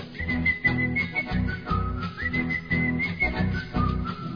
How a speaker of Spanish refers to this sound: Clodomiro muy tranquilo de su truco musical, le silbó la cancioncita con toda seguridad.